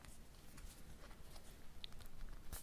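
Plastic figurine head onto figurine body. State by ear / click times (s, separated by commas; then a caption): not seated / none. A small plastic figurine head is pressed down onto its plastic body, with faint taps and rubbing and a brief sharp tick near 1.8 seconds. Nothing clicks or seats: the head only rests on top of the body and cannot be clipped on.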